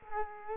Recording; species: mosquito wingbeat signal from an infrared sensor; Culex quinquefasciatus